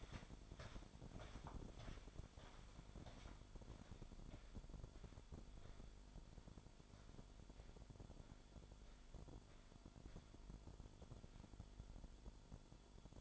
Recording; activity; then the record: daily activity, microphone in the room; walk to room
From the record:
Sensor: 5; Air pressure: 1008.3 hPa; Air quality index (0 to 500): 125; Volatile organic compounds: 1 ppm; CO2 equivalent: 963 ppm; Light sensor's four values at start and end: 34/76/31/31 and 34/80/32/31